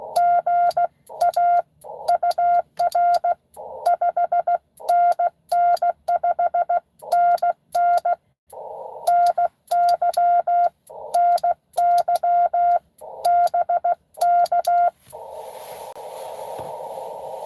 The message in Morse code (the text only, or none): GA UR 5NN 5NN NY NY BK